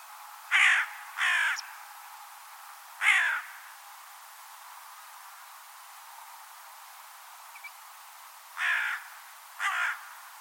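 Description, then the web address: Bird giving hoarse, harsh caws: a group of three in the first few seconds, a long pause, then two more near the end. "Deverinetal 2025 File origin Bird Only"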